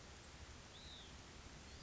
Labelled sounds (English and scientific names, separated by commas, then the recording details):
Hutton's Vireo (Vireo huttoni)
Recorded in Sonoma County, California